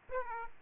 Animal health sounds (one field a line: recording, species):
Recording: mosquito wingbeat signal from an infrared sensor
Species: Aedes aegypti